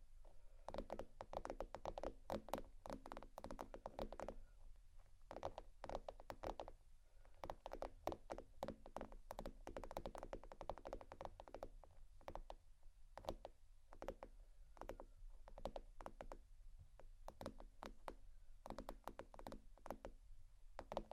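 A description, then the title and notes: Fingers tap and scratch at bags in dense, rapid bursts, crisp crinkly clicks piling up almost continuously across the whole stretch. Brief lulls appear around six, thirteen and fifteen seconds before the quick tapping resumes. A low steady hum sits underneath throughout. ASMR Tappingscratching Galore 4 Bags (No Talking).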